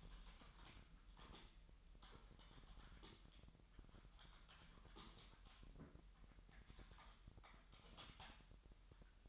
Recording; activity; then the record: daily activity, microphone in the room; typing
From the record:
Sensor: 3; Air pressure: 1002.0 hPa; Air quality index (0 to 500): 246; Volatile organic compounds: 50 ppm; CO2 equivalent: 3295 ppm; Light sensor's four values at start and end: 13/38/16/14 and 13/38/16/14